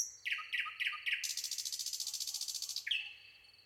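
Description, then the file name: Common nightingale song: several sharp descending notes, then a rapid pulsing rattle lasting nearly two seconds, ending with a whistled note. "Luscinia megarhynchos"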